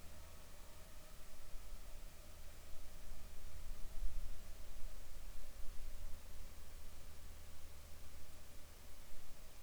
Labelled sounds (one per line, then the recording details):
insects
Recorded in the Arctic National Wildlife Refuge, Alaska, on 7 July 2019 at 19:31
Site 41